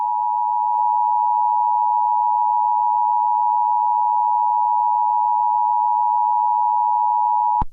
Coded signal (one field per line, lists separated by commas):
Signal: Emergency Alert System (SAME) tones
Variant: 853 and 960 Hz attention tone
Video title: EAS scenario: Chicken jockey